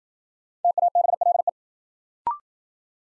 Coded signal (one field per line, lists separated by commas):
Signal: Morse code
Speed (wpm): 52 wpm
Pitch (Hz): 700 Hz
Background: none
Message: TABLE